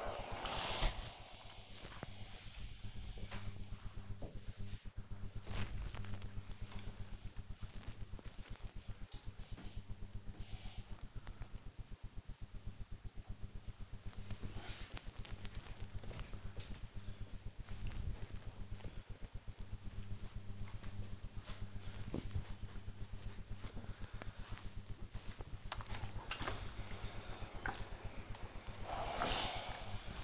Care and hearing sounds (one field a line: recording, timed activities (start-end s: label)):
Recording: household activities, microphone on the right wrist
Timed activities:
0.00-5.76 s: ironing laundry
22.92-30.23 s: ironing laundry